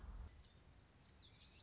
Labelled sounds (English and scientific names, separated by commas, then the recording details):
Common Yellowthroat (Geothlypis trichas)
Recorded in Sonoma County, California